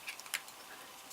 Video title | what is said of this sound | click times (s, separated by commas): Hcman Rugged Waterproof 20W Bluetooth Speaker with Mic | it has a built-in carabiner here and it actually clips in | 0.3 s